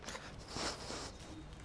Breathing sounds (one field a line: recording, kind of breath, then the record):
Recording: one breath in and out by a microphone near the nose and mouth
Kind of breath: strong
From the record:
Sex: male